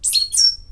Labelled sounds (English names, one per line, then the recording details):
Stitchbird song
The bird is a male
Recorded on Tiritiri Matangi Island, New Zealand, in 2005
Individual 22, of nest box 31